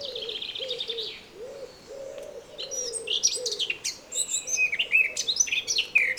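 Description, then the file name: Eurasian blackcap warbling in quick varied notes over a steady low rhythmic cooing from another bird. "Sylvia atricapilla"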